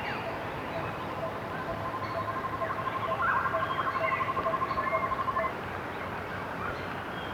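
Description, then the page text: Lineated barbet calling: a fast series of short, mellow notes, several a second, keeps a steady pitch for several seconds over a dense, hissing background. "Lineated Barbet Call. Quick Sounds"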